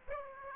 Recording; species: mosquito wingbeat signal from an infrared sensor; Aedes aegypti